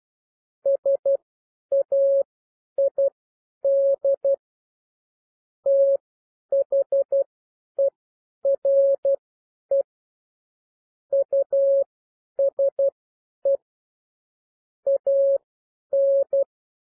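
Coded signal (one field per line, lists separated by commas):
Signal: Morse code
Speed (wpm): 12 wpm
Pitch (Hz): 550 Hz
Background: none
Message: SAID THERE USE AN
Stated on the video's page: Morse reading lesson with characters at 12 wpm and overall speed 9 to 12 wpm.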